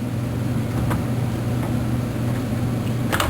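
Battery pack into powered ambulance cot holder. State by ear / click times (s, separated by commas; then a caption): seated / 3.1 s, 3.2 s. A new rechargeable battery pack is slid into its holder on a powered Stryker ambulance cot and pushed in over a steady low hum. It snaps and locks into place with two sharp clicks at 3.1 and 3.2 seconds, and a flashing green light then shows the new battery is good.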